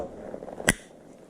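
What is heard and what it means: A positive crimped cable terminal is pushed into a plastic WAREN quick-disconnect connector housing for a 12 V system. After a few faint, soft ticks, a single sharp, bright click sounds at 0.7 s. The terminal locks and is seated.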